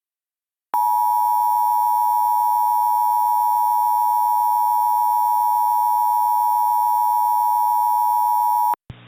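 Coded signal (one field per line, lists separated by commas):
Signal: Emergency Alert System (SAME) tones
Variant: 853 and 960 Hz attention tone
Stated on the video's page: Fictional EAS scenario with genuine, valid EAS SAME tones capable of triggering real activations.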